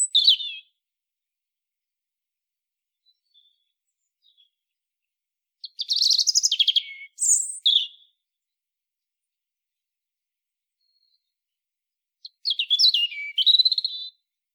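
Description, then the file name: European robin, three bursts of high, varied song: a brief opening snatch, then two longer phrases of fast trills and thin notes, with silent gaps between. "Erithacus rubecula"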